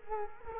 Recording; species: mosquito wingbeat signal from an infrared sensor; Culex quinquefasciatus